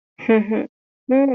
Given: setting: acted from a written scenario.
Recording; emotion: vocal sound without words; shame